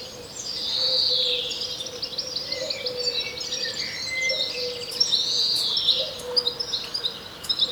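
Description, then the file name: European greenfinch giving two long, buzzy, nasal wheezes that swell and fade, with faint twittering and a low steady hum underneath. "Chloris chloris"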